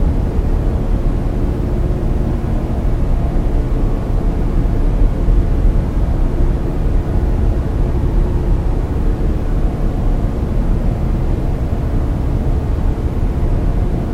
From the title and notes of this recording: Fridge White Noise. I cleaned up the sound in Audacity a bit and added a reverb effect.